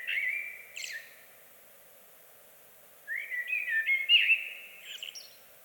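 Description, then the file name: Eurasian blackbird singing: a short fluted phrase ending in a squeak, silence, then a longer warbling phrase with higher twittering notes. "Amsel Bird Blackbird"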